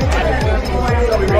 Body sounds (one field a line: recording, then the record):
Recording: background sound without coughing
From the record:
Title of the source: Nightlife Party Simulating Party Club Noise 1 Hour